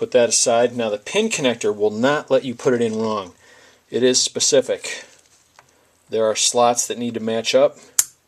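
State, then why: Not seated. Someone talks while handling the plastic pin connector of a Volvo XC90's headlight bulb wiring, lining it up by its slots to push onto the base of the new halogen low-beam bulb. Two faint, brief ticks sound around 5.6 and 5.7 seconds during a pause in the talk. The clip ends before the connector goes home, so nothing has seated or clicked yet.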